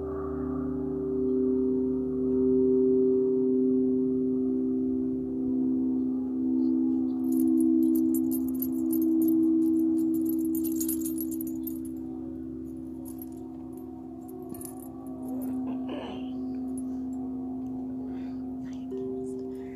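Tibetan singing bowls hum in long, steady low-middle tones that ring through the whole piece and swell gently. From about seven seconds a bright, dense metallic jangling, like a bracelet or chimes, shimmers above, thinning to scattered tinkles toward the end.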